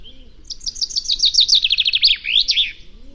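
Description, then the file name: Common chaffinch singing one fast trill that steps down in pitch and finishes with an emphatic twisting flourish. "Fringilla coelebs"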